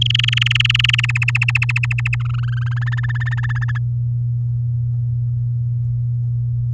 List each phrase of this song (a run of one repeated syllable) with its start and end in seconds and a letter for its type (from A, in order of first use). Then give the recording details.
0.01-1.06 A, 1.09-2.15 B, 2.20-2.84 C, 2.86-3.78 D. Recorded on 10 May 2018 at 16:02. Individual llb16